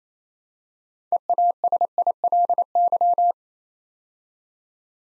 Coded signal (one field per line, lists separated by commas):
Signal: Morse code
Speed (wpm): 29 wpm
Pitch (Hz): 700 Hz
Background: none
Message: EASILY